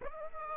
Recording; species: mosquito wingbeat signal from an infrared sensor; Aedes aegypti